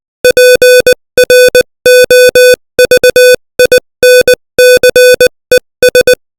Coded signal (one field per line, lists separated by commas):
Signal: Morse code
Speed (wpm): 20 wpm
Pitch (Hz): 500 Hz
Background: music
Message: PROVINCES